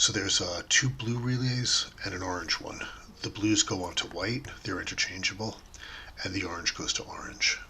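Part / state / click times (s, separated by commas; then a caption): plug-in relays into the wiring harness relay sockets / not seated / none. Two blue plug-in relays and one orange relay are being handled for a Nissan Frontier, Pathfinder or Xterra 4-pin trailer wiring kit with a 7-pin adapter for electric brakes; the blue ones go into the white sockets on the wiring harness and the orange one into the orange socket. Someone talks throughout, and nothing has seated or clicked yet.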